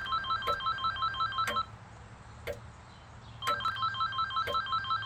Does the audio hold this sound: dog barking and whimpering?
no